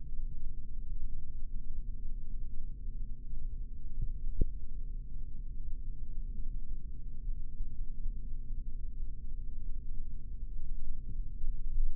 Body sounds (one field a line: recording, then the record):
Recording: forearm muscle sounds (acoustic myography)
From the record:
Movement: rest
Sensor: system 3, bracelet of six PUI Audio POM-2738L microphones around the upper forearm, with dedicated amplification and filtering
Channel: 2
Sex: male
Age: 26 years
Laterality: right